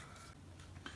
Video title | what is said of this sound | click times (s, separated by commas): Bosch Relaxx'x ProSilence bagless vacuum cleaner BGS5330R | thing clips on back stays off now you get a click and it won't come off sometimes when you're cleaning | 0.9 s